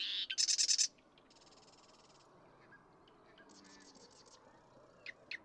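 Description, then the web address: Marsh Wren song: a loud, fast buzzy rattle of rapidly repeated notes, followed by fainter, thinner trills and a few sharp clicking notes at the end. "birdsongforthecurious Marsh Wren"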